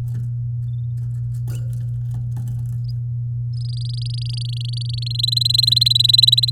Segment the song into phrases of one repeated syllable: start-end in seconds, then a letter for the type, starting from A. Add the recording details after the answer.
3.52-5.21 A, 5.23-6.50 B. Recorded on 9 May 2018 at 11:59. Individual llb16